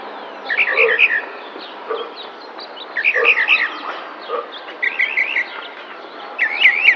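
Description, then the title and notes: Tropical mockingbird song of short, varied phrases, each a rapid cluster of bright, rolling notes, given in several bursts separated by short gaps. Sings in spring, May 2021, in a neighbourhood park in San Cristóbal de Las Casas, Chiapas. "Cenzontle tropical que canta en primavera mientras alguien que hace ejercicio pasa a lo lejos en el parque de una colonia en San Cristóbal de Las Casas, Chiapas. Mayo 2021"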